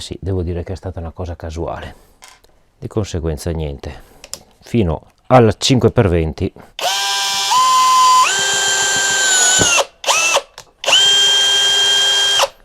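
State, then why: Not seated. Someone talks for about the first 6.5 seconds, then a Mensela ED-LX2 brushless percussion drill driver whines as it drives a 5 x 20 screw fully into wood, with the motor pitch stepping up partway through. Short bursts follow at about 10.1 to 10.5 seconds and 11.0 to 12.5 seconds. The drill's torque clutch never clicks.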